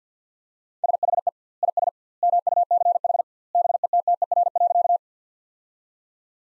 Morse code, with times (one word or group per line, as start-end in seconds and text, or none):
0.8-1.3 SHE
1.6-1.9 IS
2.2-3.2 MUCH
3.5-5.0 BETTER.